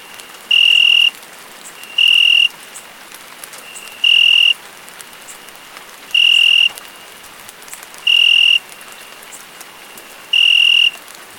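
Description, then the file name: Cricket gives clear, even high-pitched chirps about every two seconds, six in a row, with light rain pattering behind. Crickets calling together with rain. "Grilos e Chuva"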